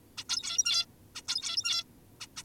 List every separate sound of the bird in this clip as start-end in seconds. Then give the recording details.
0.17-0.24, 0.29-0.86, 1.16-1.22, 1.28-1.85, 2.21-2.27, 2.37-2.43. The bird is an adult. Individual g17y2U